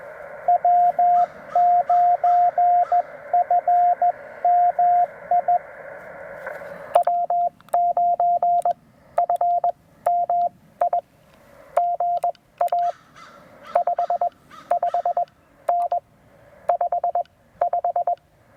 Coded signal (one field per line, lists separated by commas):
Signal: Morse code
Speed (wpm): 21 wpm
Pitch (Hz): 700 Hz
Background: radio noise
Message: W9FMI W9FMI GA 55N 55